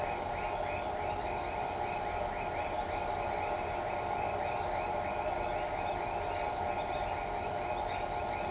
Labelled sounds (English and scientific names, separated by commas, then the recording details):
none
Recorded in shrubland near Pivijay, Magdalena, Colombia, on 18 April 2023 at 03:00
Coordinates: 10.453, -74.365
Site P5-G022